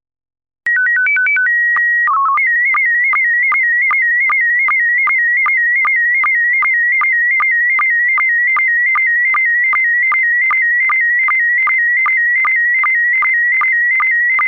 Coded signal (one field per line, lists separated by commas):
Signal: SSTV (slow-scan television)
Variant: PD 50